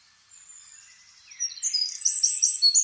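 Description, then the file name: Eurasian wren song, soft high thin notes that swell into loud, rapid, shrill trilling toward the end. "Troglodytes troglodytes"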